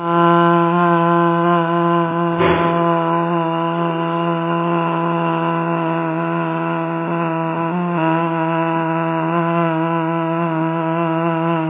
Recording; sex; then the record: sustained vowel /a/; female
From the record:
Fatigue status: fatigue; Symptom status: symptomatic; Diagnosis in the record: COVID-19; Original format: 3gp